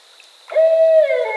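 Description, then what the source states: Barred owl hoot: a loud, steady, clear note begins after a brief quiet moment, holds level, then dips slightly at the end. Recorded on 22 October 2010.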